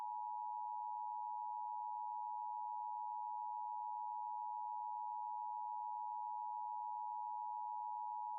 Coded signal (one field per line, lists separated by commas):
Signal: Emergency Alert System (SAME) tones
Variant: 853 and 960 Hz attention tone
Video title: LIVE AM/MW DX: DX Central Live - S. 4, Ep. 9 | Friday, March 8, 2024